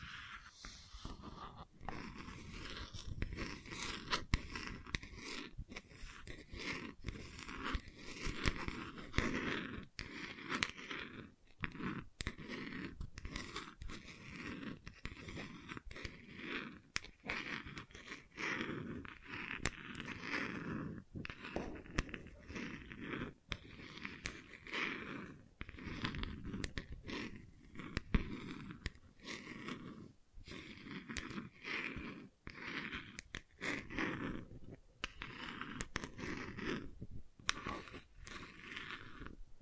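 Gentle scratching runs through the whole clip in dense, irregular strokes with a dry, crunchy texture. The scraping stays fairly even in loudness, broken by brief pauses every few seconds, while a faint steady tone hums underneath throughout.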